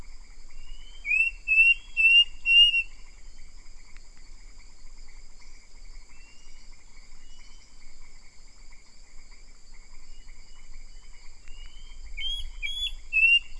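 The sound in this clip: Bird giving short whistled calls, bursts of high, slurred upward notes near the start and again at the end, over a steady high-pitched background hum.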